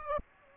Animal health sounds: mosquito wingbeat signal from an infrared sensor; Aedes aegypti

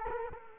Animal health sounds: mosquito wingbeat signal from an infrared sensor; Culex quinquefasciatus

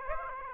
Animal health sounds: mosquito wingbeat signal from an infrared sensor; Aedes aegypti

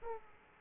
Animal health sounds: mosquito wingbeat signal from an infrared sensor; Aedes aegypti

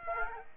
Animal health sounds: mosquito wingbeat signal from an infrared sensor; Aedes aegypti

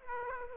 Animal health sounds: mosquito wingbeat signal from an infrared sensor; Aedes aegypti

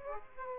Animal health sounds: mosquito wingbeat signal from an infrared sensor; Aedes aegypti

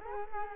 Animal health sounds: mosquito wingbeat signal from an infrared sensor; Culex quinquefasciatus

